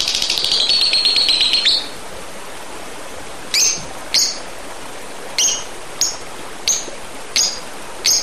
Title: Kicau Kacer